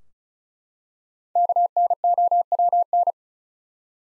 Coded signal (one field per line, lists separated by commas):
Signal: Morse code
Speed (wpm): 36 wpm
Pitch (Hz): 700 Hz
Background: none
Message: KNOWN